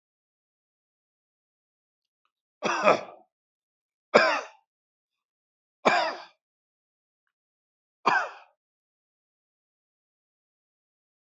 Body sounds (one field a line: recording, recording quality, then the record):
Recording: heavy voluntary cough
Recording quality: excellent, no background noise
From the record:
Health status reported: healthy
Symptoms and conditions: hypertension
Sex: male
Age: 55 years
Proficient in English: yes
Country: India